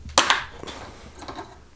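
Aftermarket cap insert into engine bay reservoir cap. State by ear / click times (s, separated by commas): seated / 0.2 s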